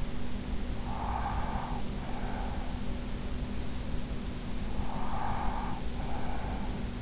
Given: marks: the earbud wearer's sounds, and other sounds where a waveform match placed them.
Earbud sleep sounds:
sounds in sleep by an in-ear microphone; breath
0.53-2.86 s: breath
4.67-7.02 s: breath

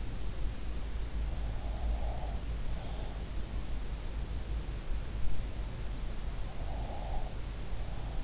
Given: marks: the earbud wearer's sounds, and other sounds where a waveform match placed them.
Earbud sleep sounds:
sounds in sleep by an in-ear microphone; breath
1.49-3.30 s: breath
6.56-8.24 s: breath

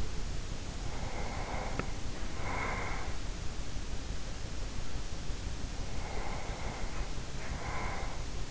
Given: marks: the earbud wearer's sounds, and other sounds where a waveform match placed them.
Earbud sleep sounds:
sounds in sleep by an in-ear microphone; breath
0.85-3.48 s: breath
1.40-8.51 s: sound from someone else or the room
5.62-8.51 s: breath

